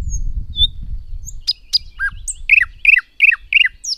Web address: Madardalok Nagy fülemüle